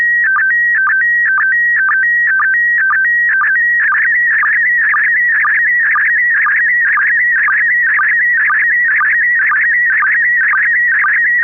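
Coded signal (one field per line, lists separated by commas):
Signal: SSTV (slow-scan television)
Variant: PD 120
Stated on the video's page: SSTV images exchanged on a weekly amateur net via an FM repeater on 441.300 MHz in Sacramento, sent with MMSSTV software.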